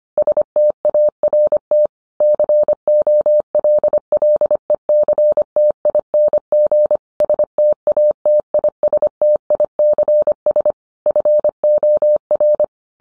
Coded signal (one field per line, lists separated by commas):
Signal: Morse code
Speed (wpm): 25 wpm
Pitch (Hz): 600 Hz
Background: none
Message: START COLLECTING STATISTICS FOR